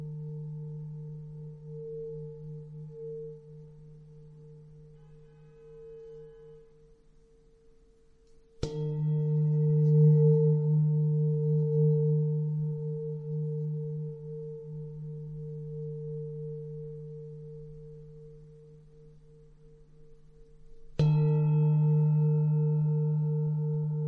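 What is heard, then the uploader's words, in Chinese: A singing bowl hums with a low, steady drone and a clear ringing tone, struck anew near nine and twenty-one seconds, each strike swelling before slowly fading. 七脈輪頌缽療癒。純音樂。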